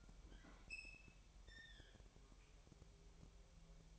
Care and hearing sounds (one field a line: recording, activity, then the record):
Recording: daily activity, microphone in the room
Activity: open fridge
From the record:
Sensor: 1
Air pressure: 1002.0 hPa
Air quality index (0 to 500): 245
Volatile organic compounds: 50 ppm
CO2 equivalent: 3299 ppm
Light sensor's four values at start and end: 8/28/10/11 and 8/28/10/11